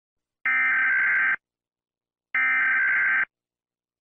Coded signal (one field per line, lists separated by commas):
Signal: Emergency Alert System (SAME) tones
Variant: header bursts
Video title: Do not turn on your PC (EAS Scenario)